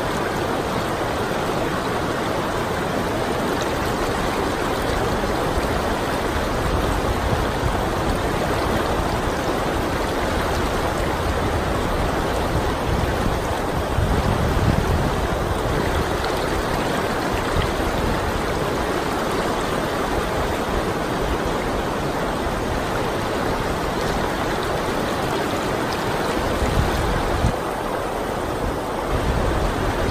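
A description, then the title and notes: A mountain river rushes over rocks in a steady, dense roar that holds even for the full length. The sound is full, strongest in the low and middle range with a bright hiss above, and small surges ripple through without any pause. Please enjoy the refreshing and relaxing sounds of a white water river landscape. Enjoy the beautiful mountain river water flowing sound in the forest over rocks.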